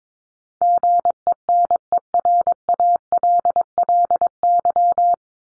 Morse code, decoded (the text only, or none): GENERALLY